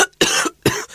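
Two full, harsh adult coughs about half a second apart, after the tail of an earlier one, each a sharp explosive burst. This is acted coughing; a persistent cough lasting three weeks can be a sign of lung cancer and should be reported to a doctor.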